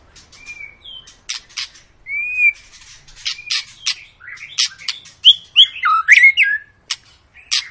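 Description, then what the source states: White-rumped shama song, a varied run of clear whistles, slurred notes and sharp buzzy bursts. Long lure recording of an energetic, constantly singing White-rumped shama, used to prompt other birds to sing.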